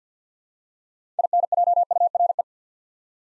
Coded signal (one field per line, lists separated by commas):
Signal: Morse code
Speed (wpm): 50 wpm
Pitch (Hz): 700 Hz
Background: none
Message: INJURE